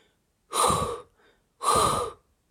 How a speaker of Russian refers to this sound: тяжело дышал, находясь в гравитационной комнате.